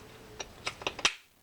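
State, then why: Seated. The main drive gear of a vintage Daiwa 7500 spinning fishing reel is pushed back onto its freshly greased shaft in the metal housing, giving a series of small clicks and taps at about 0.4, 0.7, 0.8, 0.9 and 1.0 seconds. The gear seats with a sharp, loud snap at 1.1 seconds, going in much more easily now that the dry channel has been lubricated.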